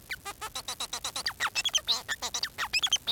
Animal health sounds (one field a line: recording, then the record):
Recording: song of a male Bengalese finch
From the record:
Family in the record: son of father 4